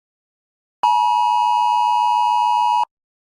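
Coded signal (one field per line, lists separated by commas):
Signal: Emergency Alert System (SAME) tones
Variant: 853 and 960 Hz attention tone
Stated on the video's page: Fictional EAS scenario recreation, remastered re-upload.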